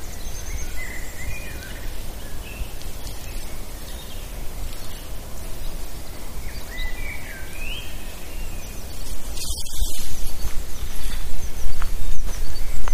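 A walk in the woods: steady outdoor hiss and rustling, with faint bird calls around two and six seconds, growing louder after nine seconds.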